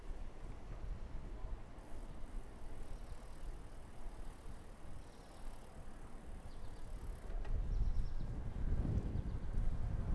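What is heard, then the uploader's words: Outdoors on a bike ride, steady low wind rumble fills the air, with a brief click near seven seconds and louder gusting toward the end. Afternoon bike ride.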